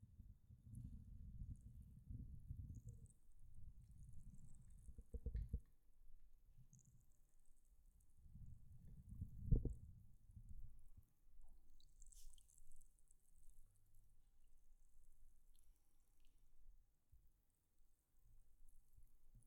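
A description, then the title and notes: An effervescent tablet dissolving in water. Heavy low bubbling surges come in bursts during the first half, with a sharp knock near ten seconds, while a faint, thin fizz crackles high above and flares briefly around twelve seconds. 發泡錠｜Effervescent Tablet.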